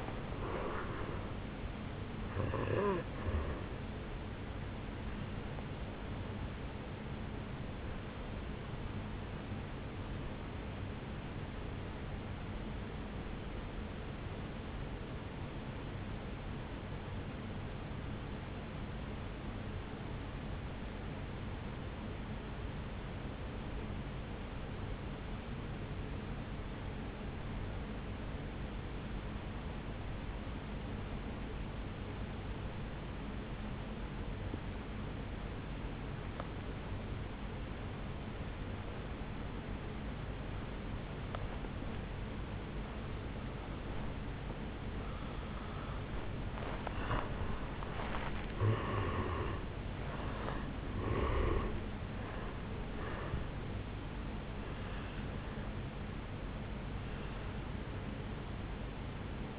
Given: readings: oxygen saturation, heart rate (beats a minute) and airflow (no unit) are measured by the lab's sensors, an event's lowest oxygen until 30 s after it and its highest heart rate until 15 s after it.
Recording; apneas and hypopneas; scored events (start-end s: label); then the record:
breathing in sleep by a voice recorder at the bedside; 1
15.00-48.00 s: obstructive apnea (N1, oxygen 97% highest, then 82% lowest, heart rate 52 at the start, 76 highest)
From the record:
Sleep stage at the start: N1 (lightest sleep); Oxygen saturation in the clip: 81 to 97%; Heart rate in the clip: 52 to 76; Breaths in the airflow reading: 7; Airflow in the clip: -12.4 to 7.7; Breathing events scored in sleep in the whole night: 449 in 7.0 hours asleep